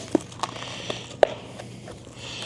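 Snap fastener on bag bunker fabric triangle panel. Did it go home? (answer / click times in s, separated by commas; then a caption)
yes / 0.2 s, 0.4 s, 1.2 s. Snap fasteners on the fabric triangle panels of a bag bunker are pressed together by hand to line up the Velcro. Sharp snap clicks are heard at 0.2, 0.4 and 1.2 seconds, with the last one the loudest, over a quiet background. The snaps close and seat.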